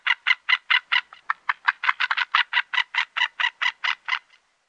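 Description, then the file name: White-tailed eagle calling, a long series of harsh, rapid yelping notes at a steady pitch. "Havsorn"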